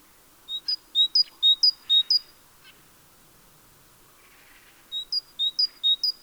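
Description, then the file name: Great tit singing bright two-note phrases repeated quickly about four times, then a pause before another run of phrases. "Parus major"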